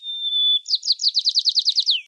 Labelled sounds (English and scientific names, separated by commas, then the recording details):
White-crowned Sparrow (Zonotrichia leucophrys) song
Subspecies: nuttalli
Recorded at McClures Beach, California, in 2014
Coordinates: 38.187, -122.963
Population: north
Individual mclureA_14